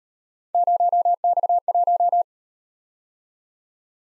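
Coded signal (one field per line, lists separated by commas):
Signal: Morse code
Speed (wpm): 38 wpm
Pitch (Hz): 700 Hz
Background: none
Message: 0X1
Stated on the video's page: Morse speed drill of three letter-number combinations, starting at 1.5 times the 25 wpm base and slowing to the base, with the final repeat at maximum speed.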